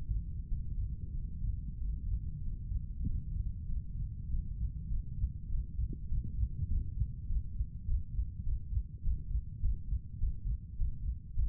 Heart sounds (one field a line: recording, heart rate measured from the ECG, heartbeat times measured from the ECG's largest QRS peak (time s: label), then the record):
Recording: heart sounds by stethoscope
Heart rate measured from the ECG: 99 bpm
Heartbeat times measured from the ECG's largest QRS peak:
0.46 s: heartbeat
1.12 s: heartbeat
1.76 s: heartbeat
2.40 s: heartbeat
3.03 s: heartbeat
3.65 s: heartbeat
4.26 s: heartbeat
4.87 s: heartbeat
5.47 s: heartbeat
6.07 s: heartbeat
6.66 s: heartbeat
7.25 s: heartbeat
7.84 s: heartbeat
8.42 s: heartbeat
9.01 s: heartbeat
9.59 s: heartbeat
10.17 s: heartbeat
10.75 s: heartbeat
11.33 s: heartbeat
From the record:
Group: healthy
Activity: Valsalva maneuver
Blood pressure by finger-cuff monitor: 76/60 mmHg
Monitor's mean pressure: 63 mmHg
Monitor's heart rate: 97 bpm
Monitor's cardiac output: 6.3 L/min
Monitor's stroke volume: 66 mL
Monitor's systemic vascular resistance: 700 dyn s/cm5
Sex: male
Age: 35 years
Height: 180 cm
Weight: 86.9 kg